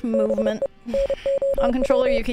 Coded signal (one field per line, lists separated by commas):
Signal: Morse code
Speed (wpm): 30 wpm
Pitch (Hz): 550 Hz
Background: speech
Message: BE NOW